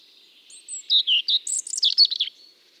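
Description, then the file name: European robin delivering a brief song phrase: a thin high whistle, then a quick run of liquid notes. "Erithacus rubecula"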